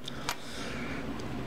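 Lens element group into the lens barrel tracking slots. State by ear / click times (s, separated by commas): seated / 0.1 s, 0.3 s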